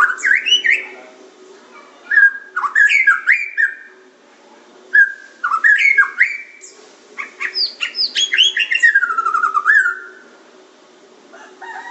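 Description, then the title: Oriental magpie-robin song, loud varied whistled phrases with slurred rising and falling notes and buzzy trills, delivered in bursts separated by short pauses. "Kicau Kacer"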